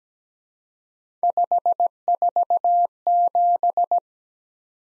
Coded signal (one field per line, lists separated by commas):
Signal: Morse code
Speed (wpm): 17 wpm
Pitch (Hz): 700 Hz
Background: none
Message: 547